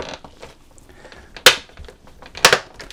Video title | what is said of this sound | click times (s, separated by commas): EAST OAK Outdoor Storage Box, 31 Gallon Deck Box Indoor and Outdoor Use, Waterproof Resin Storage | And it just clicks right in. | 1.5 s, 2.4 s